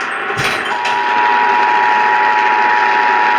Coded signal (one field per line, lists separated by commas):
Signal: Emergency Alert System (SAME) tones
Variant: 853 and 960 Hz attention tone